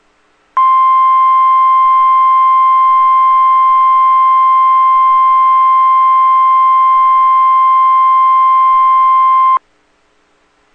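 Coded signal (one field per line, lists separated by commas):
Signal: Emergency Alert System (SAME) tones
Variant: 1050 Hz attention tone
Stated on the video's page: Required weekly test.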